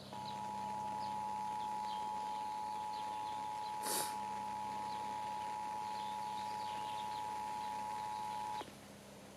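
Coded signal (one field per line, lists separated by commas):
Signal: Emergency Alert System (SAME) tones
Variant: 853 and 960 Hz attention tone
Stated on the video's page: Required monthly tests relayed on two Sacramento FM radio stations.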